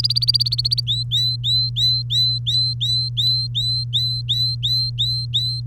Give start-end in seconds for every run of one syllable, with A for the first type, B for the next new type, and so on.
0.00-0.80 A, 0.88-5.60 B